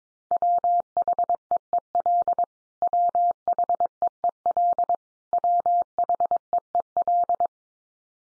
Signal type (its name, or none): Morse code